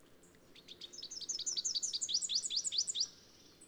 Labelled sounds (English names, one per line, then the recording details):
Rufous-capped Warbler song
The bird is a male
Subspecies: rufifrons
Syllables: 25
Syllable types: 5
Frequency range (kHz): 2.0-8.1 kHz
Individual CS-GYGS-M